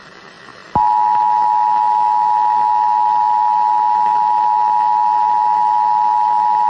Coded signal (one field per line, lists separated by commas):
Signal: Emergency Alert System (SAME) tones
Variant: 853 and 960 Hz attention tone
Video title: [ZOMBIE EAS / ANALOG HORROR] CODA: REBOOTED - MVT. 2: CRESCENDO